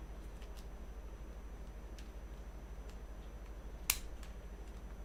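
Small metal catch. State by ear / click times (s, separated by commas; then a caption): released / 3.9 s. A metal bar is slid over the top of a mechanical puzzle, and its bar release mechanism gives a sharp click at 3.9 s over a steady low hum. The mechanism releases, freeing something inside the puzzle.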